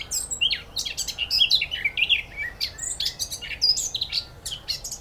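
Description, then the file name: Eurasian blackcap warbling in a quick, varied flow of chirps and short whistled slurs. "Sylvia atricapilla"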